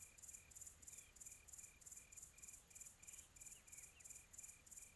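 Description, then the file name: Cricket chirping, high pulses about three per second, with a steady row of short lower beeps and a few brief chirps. Quiet tropical ambience. "quiet tropical atmo cricket"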